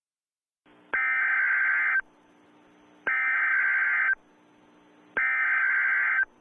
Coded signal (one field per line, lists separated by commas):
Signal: Emergency Alert System (SAME) tones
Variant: header bursts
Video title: EAS Scenario | Full Scale Containment Breach